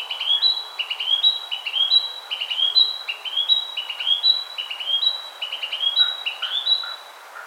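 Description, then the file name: Narcissus flycatcher song: bright two-note whistled phrases repeated steadily, with faint lower notes late on. "Ficedula narcissina"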